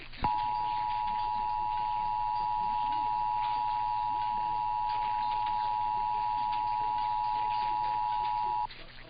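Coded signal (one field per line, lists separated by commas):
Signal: Emergency Alert System (SAME) tones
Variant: 853 and 960 Hz attention tone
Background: speech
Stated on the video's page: EAS required weekly and monthly tests.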